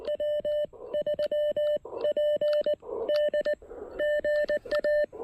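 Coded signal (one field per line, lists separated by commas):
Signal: Morse code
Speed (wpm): 20 wpm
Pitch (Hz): 590 Hz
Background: none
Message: W3PD GA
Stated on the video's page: Park activation on 20M using an Elecraft KX1 with a PackTenna 20M EFHW antenna at a state park.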